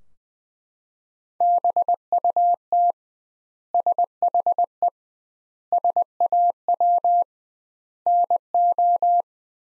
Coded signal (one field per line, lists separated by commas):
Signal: Morse code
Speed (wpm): 20 wpm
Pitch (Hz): 700 Hz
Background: none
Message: BUT SHE SAW NO